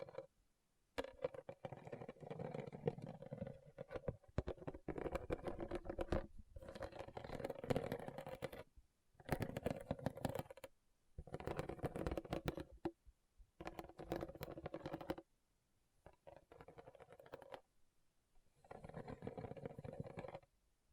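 Rhinestones are tapped and scratched in dense, rapid runs of small clicks and scrapes, a steady mid-toned patter with crisp ticks on top. Bursts last one to three seconds, broken by short silent pauses roughly every couple of seconds.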